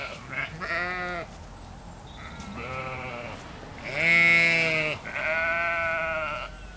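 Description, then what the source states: Sheep bleating repeatedly: four wavering bleats of varying length, the third the loudest, with brief pauses between them. Hungry sheep.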